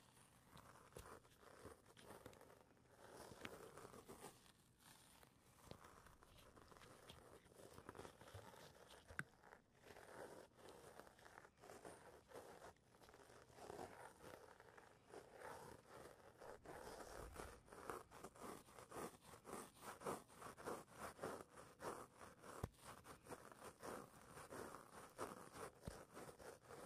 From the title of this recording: ASMR personal attention with latex gloves on